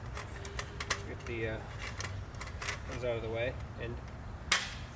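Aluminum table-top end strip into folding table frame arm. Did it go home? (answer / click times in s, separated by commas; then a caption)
yes / 4.5 s. The end strip of a Trekology roll-up aluminum camping table top is pressed down into the support arm of the folding table frame, with light clicks and rattles as someone talks. A single sharp pop at 4.5 s marks the strip seating into the arm.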